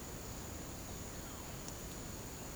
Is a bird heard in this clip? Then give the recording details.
no. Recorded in secondary vegetation near Puerto Asís, Putumayo, Colombia, on 20 December 2024 at 08:00. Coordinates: 0.489, -76.322. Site G059